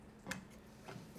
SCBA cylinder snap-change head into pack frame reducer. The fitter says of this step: just a matter of pushing it into place and you hear the snap of the two